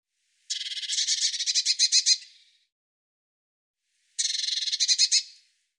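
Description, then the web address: Bird song: a long, scratchy rattle of steady pulses that swells and then fades, followed after a pause by a shorter, similar buzzy phrase. "cianscape birddata Deverinetal 2025 Bird Cy Ca"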